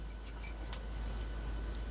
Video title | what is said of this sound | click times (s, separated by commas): Transformers Legacy United Cybertron Universe Starscream | now everything will snap into place | 0.7 s